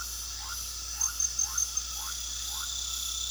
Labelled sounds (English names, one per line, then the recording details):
none
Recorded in pastures near Puerto Asís, Putumayo, Colombia, on 9 March 2025 at 22:30
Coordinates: 0.497, -76.327
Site G072